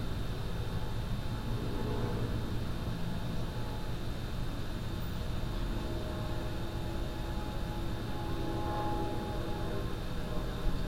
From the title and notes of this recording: A stereo recording of sitting in a backyard, Boulder, CO.